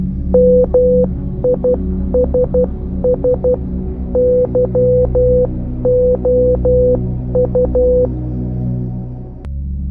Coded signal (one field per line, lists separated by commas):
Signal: Morse code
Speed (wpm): 12 wpm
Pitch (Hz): 500 Hz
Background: music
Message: MISS YOU